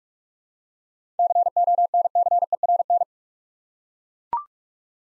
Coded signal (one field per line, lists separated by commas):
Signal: Morse code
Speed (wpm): 41 wpm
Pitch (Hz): 700 Hz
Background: none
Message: CONCERN